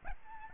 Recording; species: mosquito wingbeat signal from an infrared sensor; Aedes albopictus